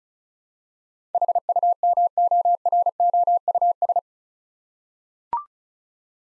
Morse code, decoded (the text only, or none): HUMOROUS